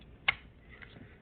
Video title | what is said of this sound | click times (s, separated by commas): How to replace an interior door lever/handle on a Nissan Altima. 2013-2016. Episode 7 | So you just take it and you pop it right back in, hear it click, | 0.3 s